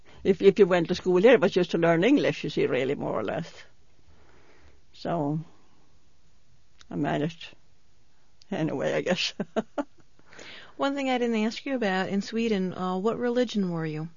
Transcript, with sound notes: If you went to school there, it was just to learn English, you see, really, more or less. So, I managed anyway I guess. (she laughs)
One thing I didn't ask you about. In Sweden, what religion were you?